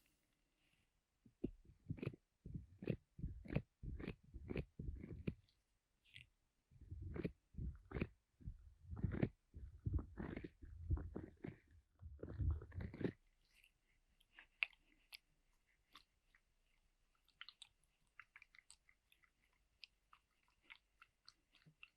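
Ear massage sounds with a pineapple: a run of firm, rhythmic rubbing and crunching strokes, about two per second, with a short pause near seven seconds. Around thirteen seconds the strokes stop, leaving faint scattered crackles and light ticking for the rest.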